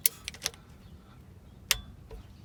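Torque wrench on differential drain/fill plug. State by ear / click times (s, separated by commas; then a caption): torque reached / 1.7 s. A torque wrench tightens a differential fluid drain/fill plug on a 2017 Honda CR-V and clicks sharply at 1.7 s as it reaches its set torque, confirming the plug is torqued. A few lighter ratchet-like ticks come before it near the start, with quiet low rumble in between.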